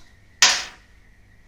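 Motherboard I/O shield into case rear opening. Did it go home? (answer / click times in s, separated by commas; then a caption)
yes / 0.4 s. A metal motherboard I/O shield is pushed with force from the inside into the rear opening of a computer case. A single sharp, bright click at 0.4 s rings out and fades by about 0.8 s over a faint steady hum. The shield is seated in the case.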